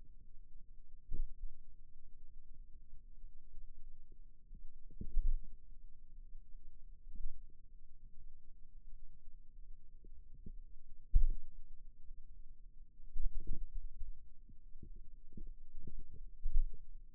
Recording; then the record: forearm muscle sounds (acoustic myography)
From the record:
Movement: finger pinch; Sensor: system 2, bracelet of six BSWA MPA416 microphones around the upper forearm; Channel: 1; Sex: male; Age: 22 years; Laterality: right